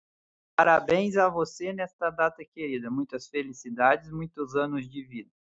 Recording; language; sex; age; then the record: short text; Brazilian Portuguese; male; 30 to 39 years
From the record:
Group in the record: control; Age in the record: 39 years